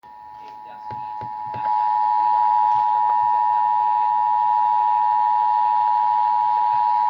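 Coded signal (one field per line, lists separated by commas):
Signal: Emergency Alert System (SAME) tones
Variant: 853 and 960 Hz attention tone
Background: speech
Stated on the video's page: Tornado warning broadcast on 96.9 FM, linked to the remnants of Sally.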